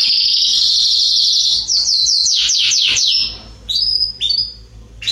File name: canto do canario belga salsa